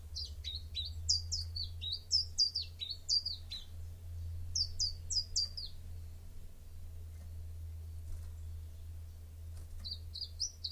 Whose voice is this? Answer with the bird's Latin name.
Phylloscopus collybita